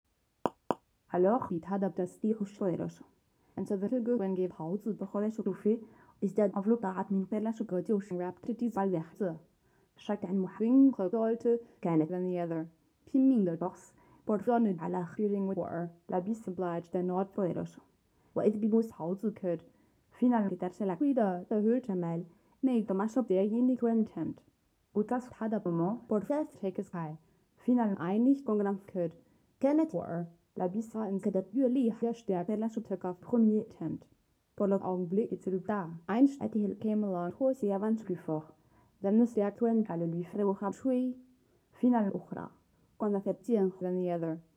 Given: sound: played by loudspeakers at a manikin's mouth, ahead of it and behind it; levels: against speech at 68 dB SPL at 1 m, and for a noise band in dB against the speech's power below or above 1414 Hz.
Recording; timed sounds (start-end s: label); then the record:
test signals for a remote microphone
0.46 s: click
0.71 s: click
1.08-44.57 s: speech test signal (ISTS)
From the record:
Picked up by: measurement microphone